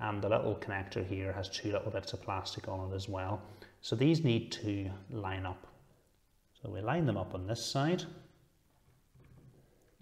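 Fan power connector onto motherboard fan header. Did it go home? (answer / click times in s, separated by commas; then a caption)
no / none. A man talks while lining up the plastic key on the AMD Wraith PRISM CPU cooler's fan cable connector with the key on the motherboard fan header. The connector is not yet pushed home, and nothing has seated or clicked yet.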